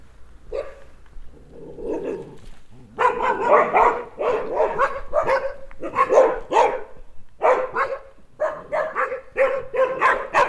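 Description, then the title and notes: Dogs barking excitedly, a lone bark and low growly sounds first, then a rapid run of loud overlapping barks from several animals that continues to the end. Four dogs in a private garden dog run beside a historical mill at Enscherange, Rackesmillen, welcoming a stranger. "enscherange, rackes millen, dogs. Enscherange - dog run. The sound of four dogs welcoming a stranger until finally the owner calls them to be silent"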